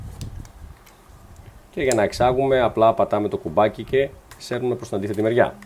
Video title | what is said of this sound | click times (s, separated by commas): Manfrotto KLYP Hands-on (Greek) | είναι αρκετά εύκολη απλά σέρνουμε μέχρι να ακούσουμε το κλικ και | 0.2 s